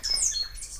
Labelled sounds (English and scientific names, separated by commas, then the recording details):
Stitchbird (Notiomystis cincta) song
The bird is a male
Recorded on Tiritiri Matangi Island, New Zealand, in 2005
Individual 11, of nest box 13